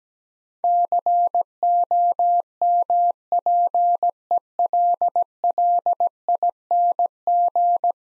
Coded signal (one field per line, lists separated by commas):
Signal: Morse code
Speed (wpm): 17 wpm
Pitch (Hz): 700 Hz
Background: none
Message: COMPELLING